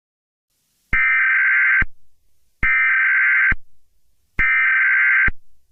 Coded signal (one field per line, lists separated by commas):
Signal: Emergency Alert System (SAME) tones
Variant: header bursts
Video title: EAS Scenario #1: Alien Invasion